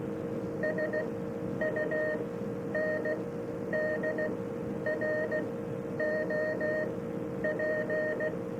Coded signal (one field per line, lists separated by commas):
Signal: Morse code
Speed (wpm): 16 wpm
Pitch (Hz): 620 Hz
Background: none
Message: SUNDROP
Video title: Ham Radio & More - April 21, 1991 - Scottsdale Arc